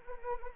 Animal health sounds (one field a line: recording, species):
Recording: mosquito wingbeat signal from an infrared sensor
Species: Anopheles arabiensis